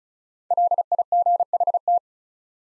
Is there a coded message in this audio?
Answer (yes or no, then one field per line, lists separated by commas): yes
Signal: Morse code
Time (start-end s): 0.5-2.0 s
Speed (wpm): 36 wpm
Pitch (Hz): 700 Hz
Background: none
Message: LIGHT